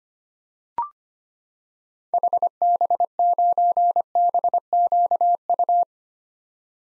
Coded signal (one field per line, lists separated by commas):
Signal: Morse code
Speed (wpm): 25 wpm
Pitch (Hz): 700 Hz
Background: none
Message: HB9BQU